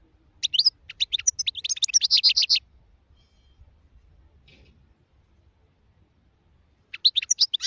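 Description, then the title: European goldfinch singing a quick jumble of bright, liquid twitters, then a long silence before another short burst of tinkling notes. Wild goldfinch; singing, described as the most beautiful song. "اجمل غناءالحسون الخلويchant chardonneret sauvage"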